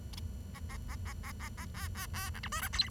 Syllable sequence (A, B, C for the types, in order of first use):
A A A A A A A B B B C D E F G